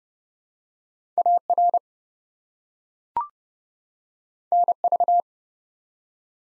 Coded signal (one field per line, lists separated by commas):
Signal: Morse code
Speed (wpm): 30 wpm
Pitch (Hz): 700 Hz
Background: none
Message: AR NV